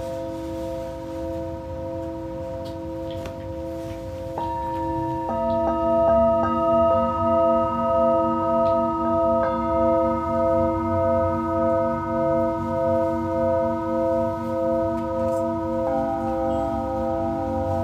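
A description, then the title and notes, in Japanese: A Tibetan singing bowl hums steadily, struck anew around four and five seconds, its ringing tones pulsing slowly, with another strike near sixteen seconds. 深夜のシンギングボウルのサウンドヒーリング。チベタンシンギングボウル。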